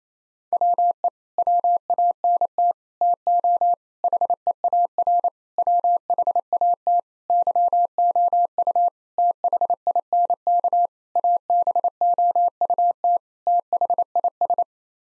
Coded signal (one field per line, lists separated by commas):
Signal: Morse code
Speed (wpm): 28 wpm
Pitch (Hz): 700 Hz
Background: none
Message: WE WANT TO HEAR WHAT YOU THINK ABOUT THIS